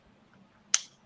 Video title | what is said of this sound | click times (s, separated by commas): New Innovation Hits the Kayak Fishing Market! | and it snaps in there so you hear it you hear it click and | 0.7 s